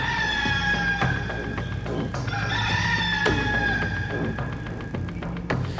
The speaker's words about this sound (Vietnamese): Con gà bị quăng bất ngờ, hoảng sợ tột độ. Nó vỗ cánh bay loạn xạ trong cái luồng ánh sáng đó. Theo bản năng sinh tồn, nó ưỡn cái cổ lên, rướng người rồi cất lên một tiếng gáy vang trời động đất.